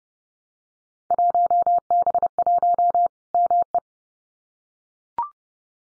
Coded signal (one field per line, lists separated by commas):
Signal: Morse code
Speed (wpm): 30 wpm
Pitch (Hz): 700 Hz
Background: none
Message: 1B1 ME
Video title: Field Day Exchange Encore 30wpm